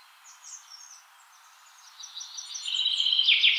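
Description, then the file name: Common chaffinch song: faint high notes build into a loud, rapid trilled phrase that is still going as the recording stops. "Fringilla coelebs"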